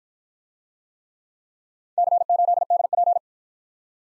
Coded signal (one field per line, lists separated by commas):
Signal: Morse code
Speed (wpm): 52 wpm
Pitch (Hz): 700 Hz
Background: none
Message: C8DP